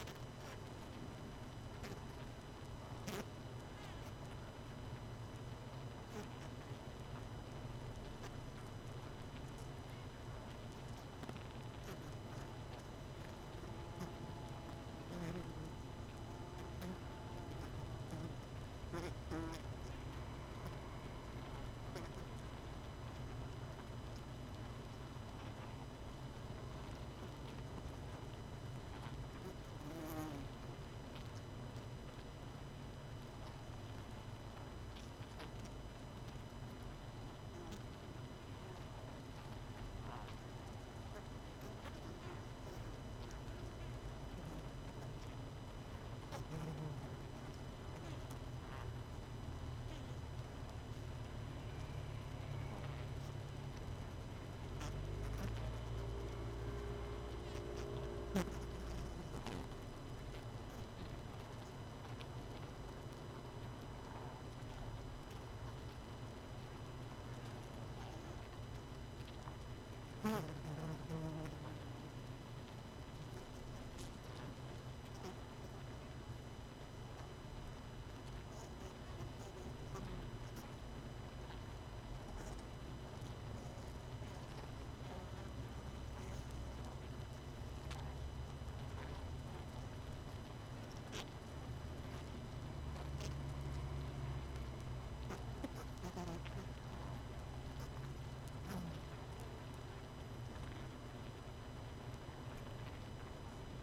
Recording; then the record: honeybee colony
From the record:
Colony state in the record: missing queen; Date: 31 May 2018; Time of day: 21:20